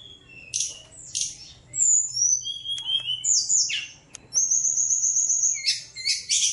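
Bird song mixing scratchy bursts, slurred whistles and a long steady high trill near the end.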